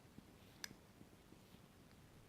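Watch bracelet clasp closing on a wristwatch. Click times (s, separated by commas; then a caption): 0.6 s. A vintage wristwatch's bracelet clasp is pushed closed by hand and snaps shut with a sharp, bright click at 0.6 s, showing the clasp has seated. A few faint taps of handling surround it against a quiet background, with a soft tick near 1.9 s.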